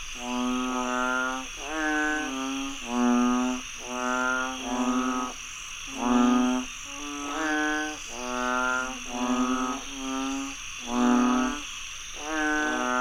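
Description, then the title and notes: A busy frog chorus of repeated nasal croaks, nearly back to back, several callers alternating, over an unbroken high insect drone. Frogs croaking after heavy rainfall in Chiang Mai, Thailand. "Frogs croaking after heavy rainfall in Chiang Mai, Thailand. Alex Boyesen"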